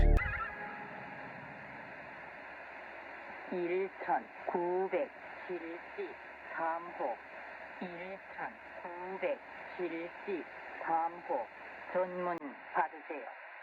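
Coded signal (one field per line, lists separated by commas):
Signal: numbers station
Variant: V24, Korean voice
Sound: radio hiss, then about a dozen short spoken words at steady intervals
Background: radio static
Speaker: then as you keep listening to it this happens right after the song ends and trust me it's not what you'd expect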